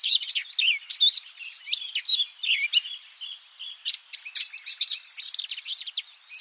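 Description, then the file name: Eurasian blackcap with a lively, scratchy warble of rising and falling whistled notes and chirps, strung together in uneven rapid phrases. "Sylvia atricapilla"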